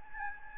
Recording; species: mosquito wingbeat signal from an infrared sensor; Anopheles gambiae